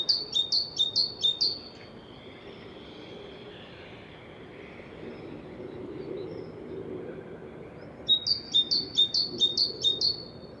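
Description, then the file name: Great tit song, a high two-note phrase repeated quickly in a burst of about four, then a long quiet pause before another longer burst of about six near the end. "Parus major"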